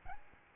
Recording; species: mosquito wingbeat signal from an infrared sensor; Aedes albopictus